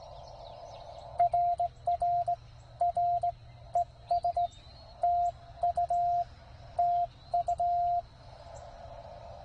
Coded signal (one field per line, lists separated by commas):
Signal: Morse code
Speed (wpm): 16 wpm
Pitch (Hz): 700 Hz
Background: radio noise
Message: RR R ES TU TU